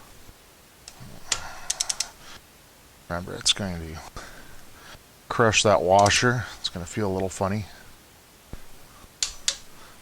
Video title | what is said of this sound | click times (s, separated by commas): Honda Civic Spark Plug Replacement 10th Gen 2016-2021 | okay you hear it click | 9.2 s, 9.5 s